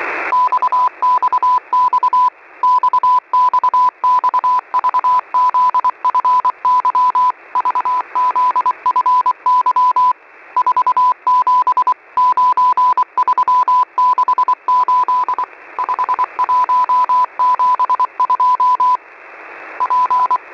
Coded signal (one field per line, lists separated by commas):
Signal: Morse code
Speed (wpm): 24 wpm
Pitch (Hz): 1000 Hz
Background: none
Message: XXX XXX VZFY VZFY 479368 5172 P